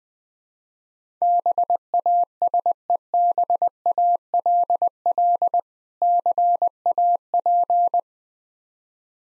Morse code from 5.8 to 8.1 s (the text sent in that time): CAP